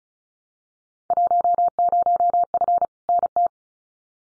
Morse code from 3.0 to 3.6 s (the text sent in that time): NT